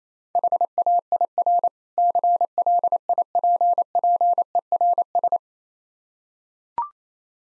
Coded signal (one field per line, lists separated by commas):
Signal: Morse code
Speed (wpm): 28 wpm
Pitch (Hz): 700 Hz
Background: none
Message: HAIR CLIPPERS